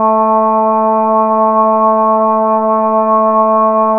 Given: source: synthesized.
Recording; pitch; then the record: sustained vowel; 220 Hz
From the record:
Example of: Parkinson's disease, moderate to severe (G5)